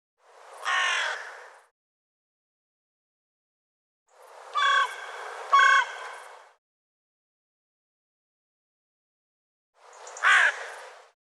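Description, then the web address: Bird calls: three harsh, harmonic outbursts a few seconds apart, the middle one longer with two louder peaks, with silence between. "cianscape birddata Deverinetal 2025"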